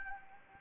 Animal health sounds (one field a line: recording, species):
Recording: mosquito wingbeat signal from an infrared sensor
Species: Anopheles gambiae